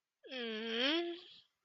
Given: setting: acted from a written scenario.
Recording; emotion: vocal sound without words; guilt